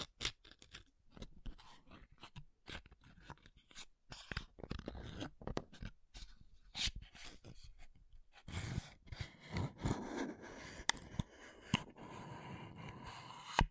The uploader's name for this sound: MAKEUP TAPPING & SCRATCHING